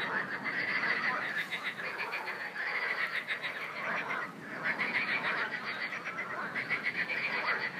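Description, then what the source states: Frogs croaking in a dense chorus, rapid rattling pulses in bursts, many callers overlapping continuously with a brief lull midway. Frogs calling in a river.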